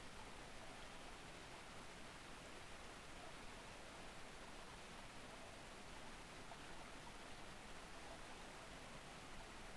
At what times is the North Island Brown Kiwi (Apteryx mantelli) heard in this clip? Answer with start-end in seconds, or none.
none